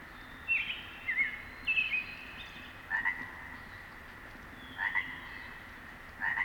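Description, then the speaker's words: Chorus frog gives several short punctuated calls, some in quick pairs, over a faint steady background. Dusk at sunset in mid-June, Cascade Mountains high country, grassy meadow beside a road and brook; nearby chorus frog's punctuated ribbit. "the wavering whistles of a robin singing from the forest edge, and the punctuated ribbit of a nearby chorus frog set against a clamoring group of frogs"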